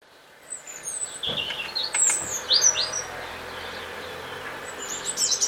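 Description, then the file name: European robin song, thin high warbled phrases in short bursts with a soft thump early on and a faint hiss behind. "Erithacus rubecula"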